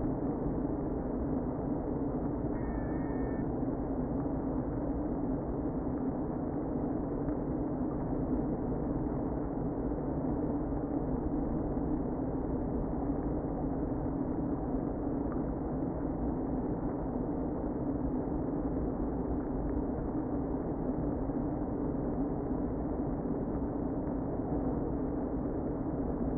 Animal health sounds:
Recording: honeybee colony, microphone inside the hive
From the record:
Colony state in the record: queen present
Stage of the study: before two queens were removed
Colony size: about 60,000 bees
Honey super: yes

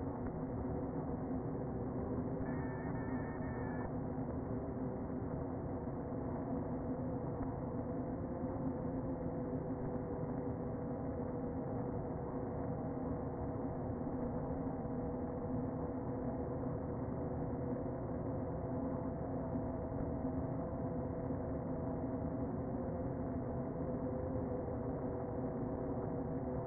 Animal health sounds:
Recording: honeybee colony, microphone inside the hive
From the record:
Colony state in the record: queen present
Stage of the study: before two queens were removed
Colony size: about 60,000 bees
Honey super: yes

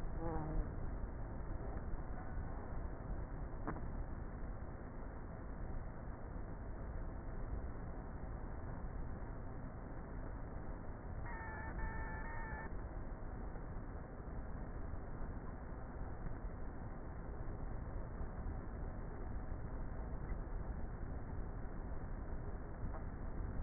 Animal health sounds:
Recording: honeybee colony, microphone inside the hive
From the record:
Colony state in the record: queenless with a low population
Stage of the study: before two queens were removed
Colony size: about 30,000 bees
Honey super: no

